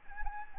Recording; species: mosquito wingbeat signal from an infrared sensor; Anopheles arabiensis